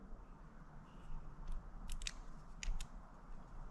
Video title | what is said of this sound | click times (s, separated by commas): Smokey's interior the deconstruction and harness rebuild for Stubby | push it in and you can hear the click you can see my wires are a little bit shorter there so | 2.1 s, 2.6 s